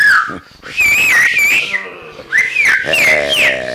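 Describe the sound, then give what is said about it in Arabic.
A whistle is blown to gather people: a shrill whistle sounds in several loud, wavering bursts with short gaps between them, its pitch sliding up and down over a steady low background. “يصفر فيتجمع الناس ثم يرفع النبوت فيتراجعون.”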